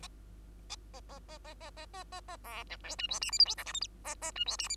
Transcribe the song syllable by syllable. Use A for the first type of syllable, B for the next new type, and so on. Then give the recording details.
A A A A A A A A A A B C D E F G H I J K L M A A E F G H. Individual Bird2